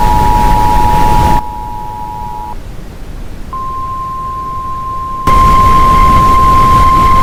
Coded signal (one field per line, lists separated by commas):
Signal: Emergency Alert System (SAME) tones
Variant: 853 and 960 Hz attention tone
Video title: EAS Scenario - Ohio Unknown and Inexperienced Incident Situation (AFTERMATH EPILOGUE) (Episode 1-10)